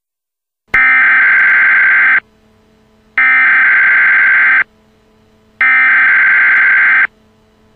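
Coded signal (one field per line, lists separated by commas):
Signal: Emergency Alert System (SAME) tones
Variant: header bursts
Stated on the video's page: Simulated EAS alert made with EAS Creator 3.0, edited with Audacity and Sony Vegas.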